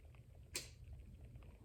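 A Crucial 8GB DDR4-3200 SODIMM memory module is re-seated in the memory slot of a 2023 HP Victus laptop with an RTX 3050, inserted at a 45-degree angle and pressed down. The retaining clips give one sharp, bright snap at 0.6 s over a low background hum, with a couple of faint ticks around it. The module is seated, and someone talks to confirm it.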